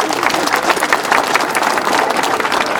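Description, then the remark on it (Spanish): An audience applauds steadily at a mayor's inauguration of paving works in the Atipiris 3 zone, honouring the workers of the Avenida Chuquiago works. A dense wash of many hands clapping at an even, sustained loudness for the whole stretch, with no voices rising above it. “Un fuerte aplauso para esas hermanas y hermanos.”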